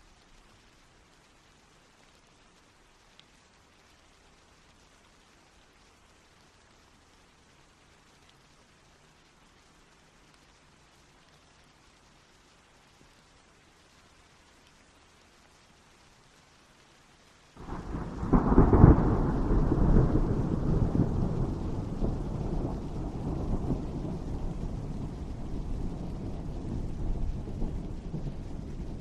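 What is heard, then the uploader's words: Near silence holds for the first seventeen seconds, with only a faint low hum and a single soft tick. Then rain starts abruptly, dense, a full steady patter weighted toward the low and middle range, easing only slightly toward the end. Serene Rain Sounds.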